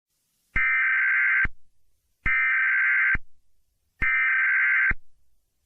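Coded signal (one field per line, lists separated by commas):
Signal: Emergency Alert System (SAME) tones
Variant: header bursts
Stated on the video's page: Fake EAS scenario, a remake of an earlier mock.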